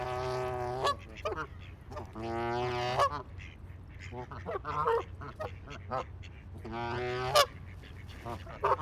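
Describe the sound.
Goose honking in loud, harsh, nasal bursts, several calls in quick runs with pauses between, some squeaky higher notes mixed in.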